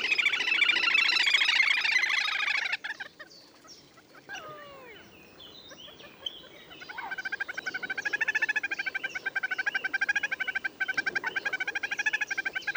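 Little grebe whinnying trill, a dense rapid series of high harmonic notes for three seconds, then a pause with a few other bird notes before the pulsing trill resumes.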